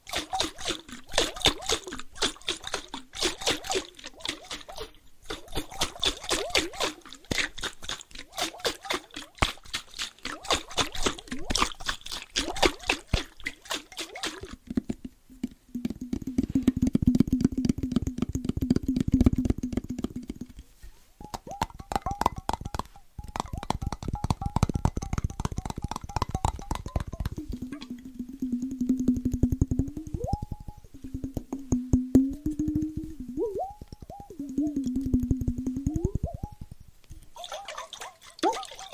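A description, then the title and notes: Water bottles are shaken and tapped in rhythmic bursts, with sloshing liquid and brief hollow tones rising and falling after fifteen seconds. ASMR Rhythmic Triggers with Waterbottles (Shaking, Tapping) No Talking.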